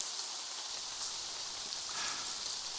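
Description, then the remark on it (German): Heavy rain pours down at around 2 in the morning in a steady, dense hiss of countless drops, bright and even throughout with no pauses and no voices. “Morgens gegen 2 Uhr und bei strömendem Regen, mit Laternen und Spaten bewaffnet, gingen sie zu der Stelle, an der eines seiner Opfer angeblich verscharrt sein sollte.”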